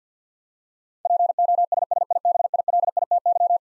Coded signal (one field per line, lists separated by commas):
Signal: Morse code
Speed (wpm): 50 wpm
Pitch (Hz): 700 Hz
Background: none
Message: POSSIBILITY